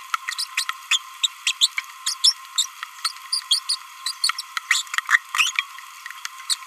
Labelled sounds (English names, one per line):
Green-rumped Parrotlet babbling